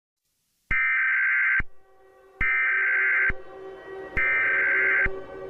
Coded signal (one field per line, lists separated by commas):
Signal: Emergency Alert System (SAME) tones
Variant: header bursts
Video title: GX4-25 an EAS Scenario